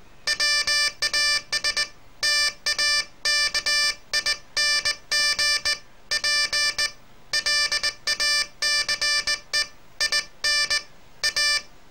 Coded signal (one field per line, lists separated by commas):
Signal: Morse code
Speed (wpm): 19 wpm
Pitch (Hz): 1750 Hz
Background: none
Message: WAS TAKING PLACE IN A